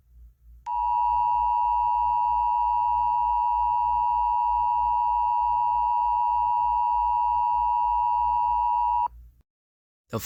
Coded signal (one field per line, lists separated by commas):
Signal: Emergency Alert System (SAME) tones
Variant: 853 and 960 Hz attention tone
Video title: EAS scenario SCP 20357